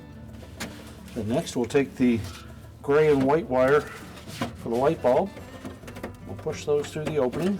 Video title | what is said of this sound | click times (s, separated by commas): Refrigerator Repair - Replacing the Evaporator Fan Motor (Whirlpool Part # 61004888) | and make sure the locking tabs engage. | 0.6 s